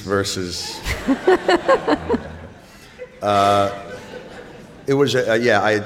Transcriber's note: soundbite of laughter